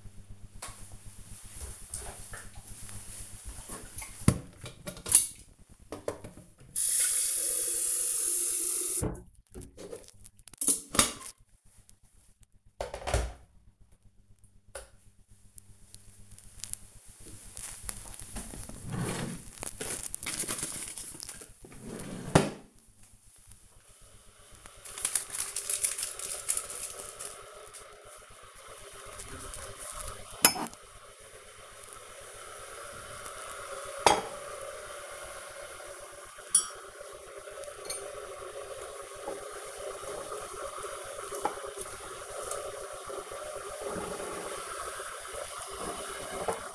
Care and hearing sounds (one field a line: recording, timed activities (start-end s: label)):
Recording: household activities, microphone on the right wrist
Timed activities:
0.16-46.75 s: making tea